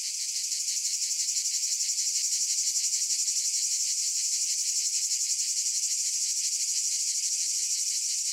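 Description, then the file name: Many cicadas buzzing together, a high, sizzling wall of sound throbbing in quick, steady pulses without pause. Cicada ambience. "Ambiance Cicadas Loop"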